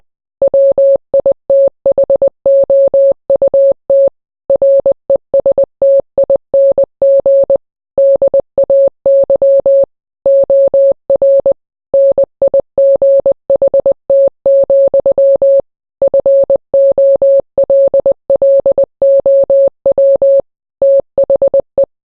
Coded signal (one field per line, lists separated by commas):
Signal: Morse code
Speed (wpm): 20 wpm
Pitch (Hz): 550 Hz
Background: none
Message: WITHOUT RESTING DAY OR NIGHT, FOLLOW THE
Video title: Taiwan Morse Code